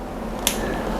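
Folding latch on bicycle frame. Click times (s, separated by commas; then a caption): 0.5 s. While a Tern BYB S11 folding bike is being folded, the saddle is placed against the frame so it won't scratch, and the folding latch on the bicycle frame is closed. A single sharp click is heard at 0.4 s to 0.5 s, specifically 0.5 s, over a low steady background with no talk. The folding lock snaps shut and is seated, locked and done.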